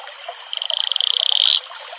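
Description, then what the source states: Atelopus franciscus call: a single pulsed trill about one second long, swelling louder and ending abruptly. Male advertisement call.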